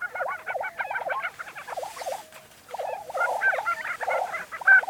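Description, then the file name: Lesser prairie chickens calling in quick bursts of gobbling cackles, a brief lull near the middle, then squeaky yelps and chatter resume. Recorded 20 April 2013. "2013-04-20 Lesser Prairie Chicken"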